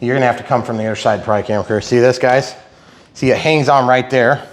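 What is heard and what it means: A plastic part of an FMS Suzuki Jimny 1:6 4WD RTR crawler body is being handled and pressed onto its mount from the other side. A man talks throughout, with a short pause around 2.6–3.1 s. Nothing has seated or clicked yet; the part ends up snapping on, but only weakly.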